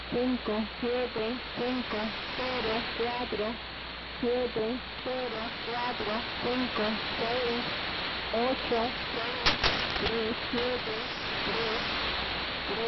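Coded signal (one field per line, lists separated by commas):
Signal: numbers station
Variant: HM01, Spanish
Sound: short evenly spaced spoken words, like numbers being read, over steady hiss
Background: radio static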